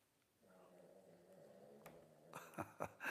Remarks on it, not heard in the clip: Yeah, that is my dog snoring. Listen, that's Snickers snoring.